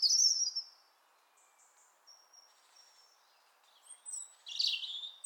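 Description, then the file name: European robin song: high, sweet opening phrase, a pause with faint thin whistles, then more bright, shrill trilled phrases toward the end. "Erithacus rubecula"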